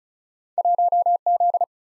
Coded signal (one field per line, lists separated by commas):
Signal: Morse code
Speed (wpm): 47 wpm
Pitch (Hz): 700 Hz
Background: none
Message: 1 Z